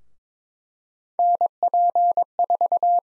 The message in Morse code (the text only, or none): NP4